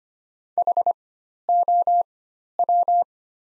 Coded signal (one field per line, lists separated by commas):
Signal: Morse code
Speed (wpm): 25 wpm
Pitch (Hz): 700 Hz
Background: none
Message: HOW